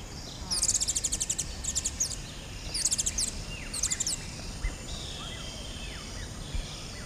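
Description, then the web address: Mango calling in short high, buzzy chitter bursts early on, then quieter, while other birds give brief downslurred whistles. "mango hummingbird"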